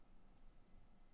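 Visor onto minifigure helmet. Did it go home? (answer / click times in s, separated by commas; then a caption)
no / none. A plastic visor is handled and pressed toward the helmet of a vintage Lego minifigure from the 1991 Firefighter set #4031, after being checked that it is the right way up. Only faint low background noise is heard, with no sudden sounds. Nothing has seated or clicked yet.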